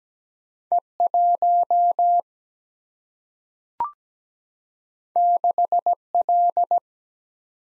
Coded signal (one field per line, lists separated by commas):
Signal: Morse code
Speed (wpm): 17 wpm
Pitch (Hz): 700 Hz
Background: none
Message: E 1 6 L